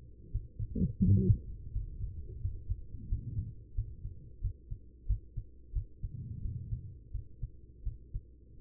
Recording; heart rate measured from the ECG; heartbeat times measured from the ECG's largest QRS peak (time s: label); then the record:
heart sounds by stethoscope; 87 bpm
0.31 s: heartbeat
1.02 s: heartbeat
1.72 s: heartbeat
2.40 s: heartbeat
3.08 s: heartbeat
3.74 s: heartbeat
4.40 s: heartbeat
5.06 s: heartbeat
5.72 s: heartbeat
6.41 s: heartbeat
7.11 s: heartbeat
7.83 s: heartbeat
8.58 s: heartbeat
From the record:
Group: healthy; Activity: cold pressor test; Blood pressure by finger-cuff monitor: 138/83 mmHg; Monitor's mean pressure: 102 mmHg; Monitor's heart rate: 87 bpm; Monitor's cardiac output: 6.3 L/min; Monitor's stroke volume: 72 mL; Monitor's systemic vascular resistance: 1190 dyn s/cm5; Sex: female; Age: 43 years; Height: 160 cm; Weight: 90 kg